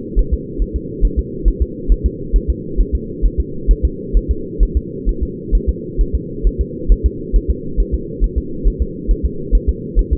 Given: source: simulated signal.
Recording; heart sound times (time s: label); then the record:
fetal heart sounds
0.19 s: S1
0.34 s: S2
0.62 s: S1
0.76 s: S2
1.05 s: S1
1.19 s: S2
1.48 s: S1
1.62 s: S2
1.92 s: S1
2.06 s: S2
2.36 s: S1
2.50 s: S2
2.81 s: S1
2.95 s: S2
3.26 s: S1
3.40 s: S2
3.71 s: S1
3.85 s: S2
4.17 s: S1
4.31 s: S2
4.63 s: S1
4.77 s: S2
5.09 s: S1
5.23 s: S2
5.55 s: S1
5.69 s: S2
6.01 s: S1
6.15 s: S2
6.47 s: S1
6.61 s: S2
6.92 s: S1
7.06 s: S2
7.36 s: S1
7.51 s: S2
7.80 s: S1
7.94 s: S2
8.24 s: S1
8.38 s: S2
8.68 s: S1
8.82 s: S2
9.11 s: S1
9.26 s: S2
9.55 s: S1
9.69 s: S2
9.99 s: S1
10.13 s: S2
From the record:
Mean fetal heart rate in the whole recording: 135 bpm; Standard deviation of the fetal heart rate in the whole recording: 3 bpm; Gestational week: 36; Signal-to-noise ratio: -4.3 dB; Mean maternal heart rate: 72 bpm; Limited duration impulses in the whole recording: absent